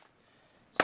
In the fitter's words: the way around snap snap snap snap snap